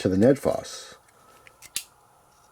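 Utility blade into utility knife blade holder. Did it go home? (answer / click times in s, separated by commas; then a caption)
yes / 1.8 s. Someone talks while a cheap blackened utility blade, expected to be too long to lock, is pushed into the blade holder of a different utility knife. After a couple of faint taps, a sharp click at 1.8 s marks the blade seating and locking in.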